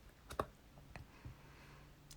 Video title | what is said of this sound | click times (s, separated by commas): Ztotop Case For Samsung Galaxy Tab A7 Unboxing | and this should have a snug feel and it should snap right in | 0.4 s, 1.0 s